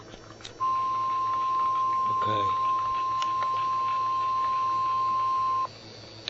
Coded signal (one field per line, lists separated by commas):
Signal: Emergency Alert System (SAME) tones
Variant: 1050 Hz attention tone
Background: speech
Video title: SEVERE THUNDERSTORM WATCH EAS ALERT NO 2